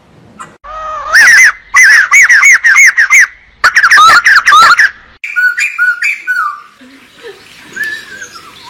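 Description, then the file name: Bulbul singing a rapid run of bright, bouncing whistled notes, then softer, lower slurred phrases trailing off. Bird singing and calling. "Tieng chim Bo Chao hot keu"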